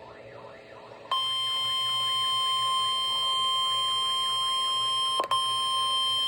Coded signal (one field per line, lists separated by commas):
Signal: Emergency Alert System (SAME) tones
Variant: 1050 Hz attention tone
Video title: EAS #147 (TOA #25)